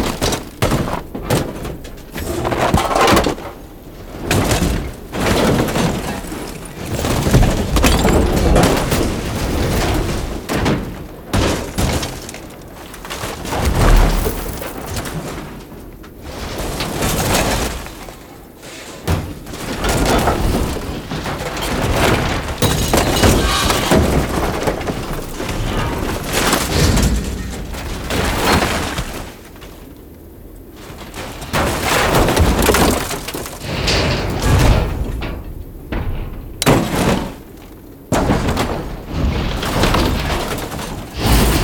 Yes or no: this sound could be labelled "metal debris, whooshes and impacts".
yes